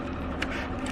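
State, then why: Released. The plastic ignition coil wiring connector on a Yamaha MT09 Tracer's spark plug coil is pulled back by hand from behind, with its tab held down, rather than by the harness. A short sound comes at 0.4 s as it pulls free, over a steady low background hum. The connector is released and comes off.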